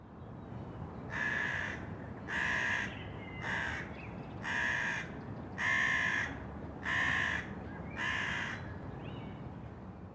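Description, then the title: Crow cawing: seven harsh, hoarse caws spaced about a second apart, steady in pitch, over steady low background noise. "cornacchia"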